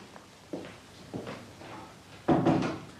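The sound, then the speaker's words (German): A door swings shut with one solid, fairly loud thump and a brief rattling decay, preceded by a couple of soft knocks or footsteps. No one speaks. “Wenn du willst, dass die Dienerschaft hört, was ich dir zu erzählen habe, brauchst du die Tür nur offen zu lassen.”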